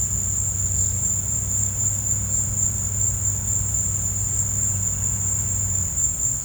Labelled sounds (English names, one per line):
none